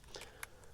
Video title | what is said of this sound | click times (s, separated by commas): How to Disassemble and Clean the Dyson V6 Vacuum Cleaner - Full Tutorial | your way around the edge releasing the clips and you should hear a click as they're undone | 0.1 s, 0.4 s